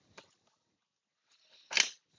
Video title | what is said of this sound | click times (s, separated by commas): How to build an e2420h Dell Monitor | there you go it's all clicked in | 1.8 s